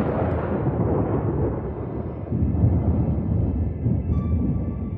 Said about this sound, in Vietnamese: Chân trước vừa bước vào, chân sau vẫn ở ngoài thì đã nghe sau lưng sấm rền vang, mưa đổ ập xuống.